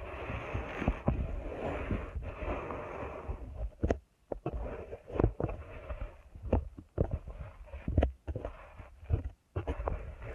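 Deep ear canal massage with dense, muffled rubbing and low thumping, heavy in the low end. Sharp crackly taps and squishes break through irregularly, about once a second, with brief near-silent gaps around four and nine and a half seconds.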